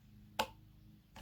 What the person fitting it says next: there we go and it clicks into place